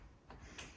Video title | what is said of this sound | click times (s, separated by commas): Auto Trail Apache 634 Handover | that just clips in. And did you hear that clunk? | 0.3 s, 0.6 s